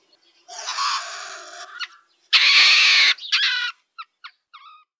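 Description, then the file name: Pine marten producing a long raspy wail, then a harsh, noisy screech, a brief yowl, and three short sharp yelps at the end. "Baummarder Martes martes"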